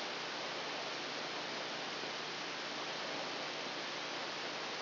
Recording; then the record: brain microelectrode recording played as sound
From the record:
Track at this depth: outside the subthalamic nucleus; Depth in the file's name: 0.315 mm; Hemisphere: left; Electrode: 2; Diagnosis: Parkinson's disease